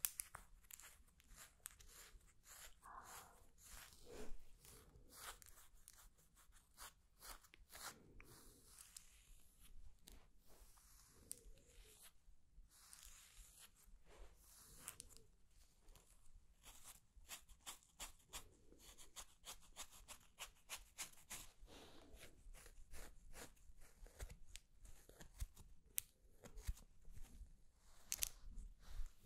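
Hands move and rustle almost without pause, making dense crisp clicks and snips that run through the whole half-minute and thicken toward the end. Soft, breathy whispers surface now and then underneath, never forming clear words.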